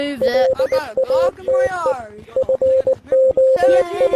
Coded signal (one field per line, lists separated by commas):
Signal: Morse code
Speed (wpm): 19 wpm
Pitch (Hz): 520 Hz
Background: speech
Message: LATE FOE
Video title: morse Code gtag horror